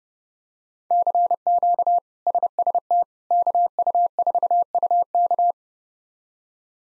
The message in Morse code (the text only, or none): CQ SST KU4UK